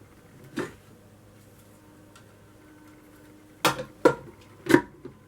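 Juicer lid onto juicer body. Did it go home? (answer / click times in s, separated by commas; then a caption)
no / none. Someone tries to close the plastic top assembly onto the body of a Tribest SlowStar cold press vertical juicer and mincer, but it will not close because the auger underneath was not pushed all the way down. A soft knock near 0.6 s is followed by three sharp plastic knocks at about 3.7, 4.1 and 4.7 s, with no latch sound. Nothing has seated or clicked yet.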